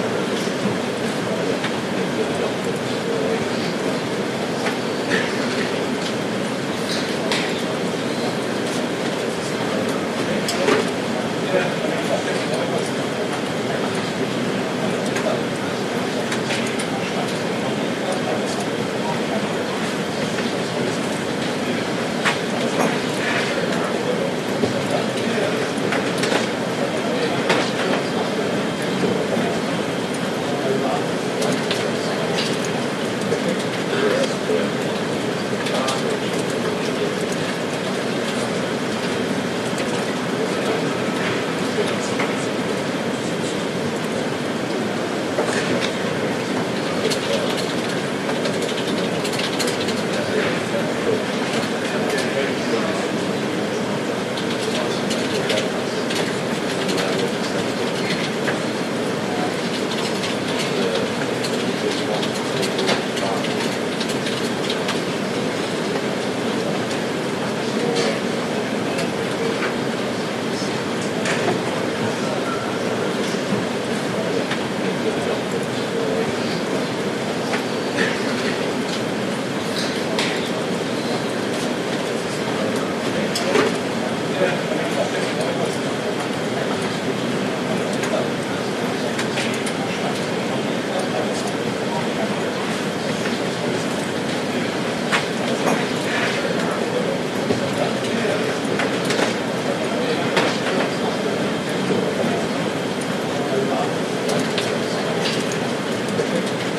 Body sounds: background sound without coughing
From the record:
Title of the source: Office Sounds Ambience - Background Noise for Study and Work

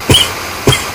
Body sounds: coughing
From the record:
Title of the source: Dry Afternoon Cough

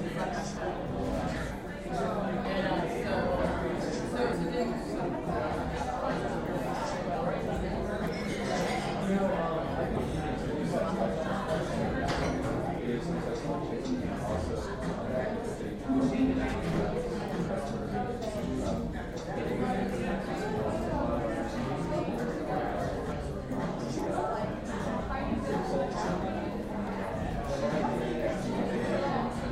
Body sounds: background sound without coughing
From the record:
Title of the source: 60 minutes of coffee shop sounds for study and concentration

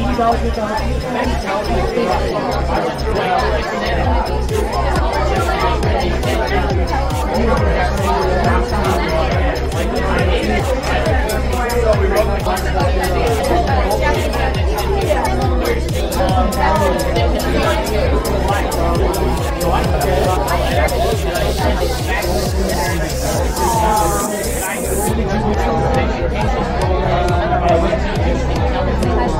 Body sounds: background sound without coughing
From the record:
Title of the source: Nightlife Party Simulating Party Club Noise 1 Hour

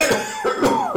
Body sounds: coughing mixed with background sound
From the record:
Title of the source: Mid-morning Winter Coughing Fit

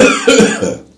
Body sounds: coughing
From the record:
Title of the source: Spring Cold Coughing.

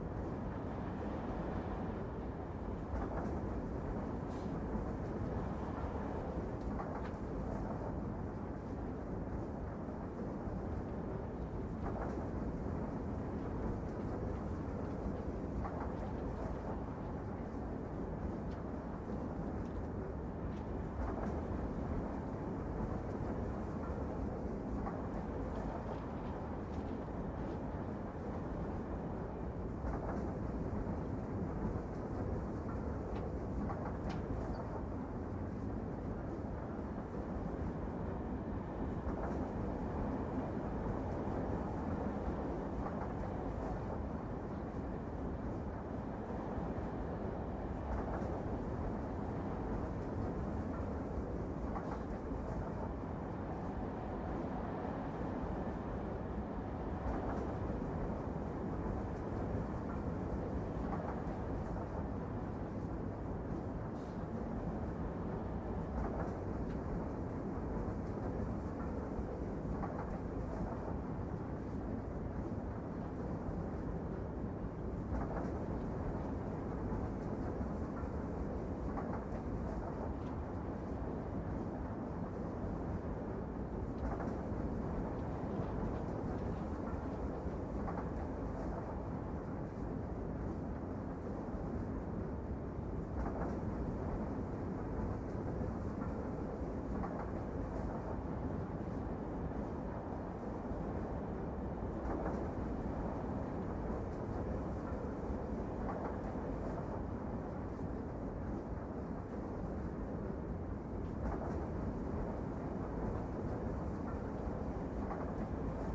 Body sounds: background sound without coughing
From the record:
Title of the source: Train Ride Ambience ambient white noise for sleeping, focus, studying, reading

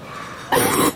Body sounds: coughing mixed with background sound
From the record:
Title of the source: 30 Chesty and wet cough

